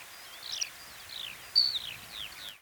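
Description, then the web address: Black lark calls: a series of thin, high, descending slurred whistles over a steady hiss of background noise. "black lark bird call"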